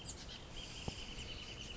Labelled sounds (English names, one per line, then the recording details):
Wrentit
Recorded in Sonoma County, California